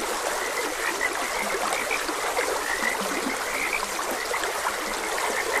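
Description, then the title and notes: Frogs croaking together in short repeated notes over a steady trickling stream. Frogs croaking beside a gentle stream. "Gentle Stream and Frogs Croaking. Sleep and Relaxation Podcast"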